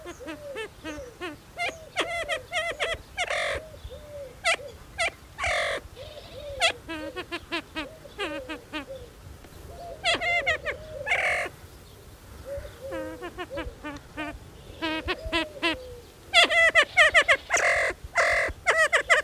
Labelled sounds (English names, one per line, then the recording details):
Siamese Fireback call
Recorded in captivity
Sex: male
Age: adult
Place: Zoo Berlin, Berlin, DE
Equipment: Halbspur, 9,5 cm/s
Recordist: Lütgens, Hans